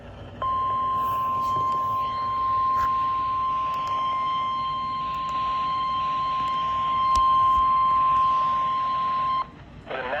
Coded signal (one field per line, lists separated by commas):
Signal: Emergency Alert System (SAME) tones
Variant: 1050 Hz attention tone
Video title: 3am KDO89 Severe Thunderstorm Warning. 7/17/25 EAS #453